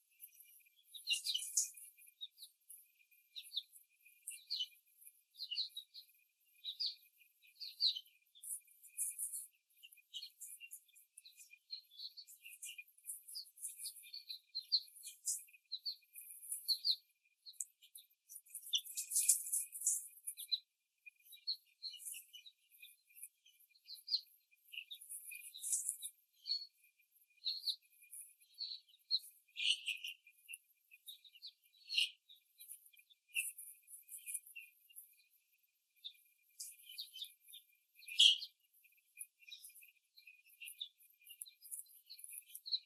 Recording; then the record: young laying hens in a cage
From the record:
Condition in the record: after the stressor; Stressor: simulated dog barking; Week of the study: 3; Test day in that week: 1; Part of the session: 2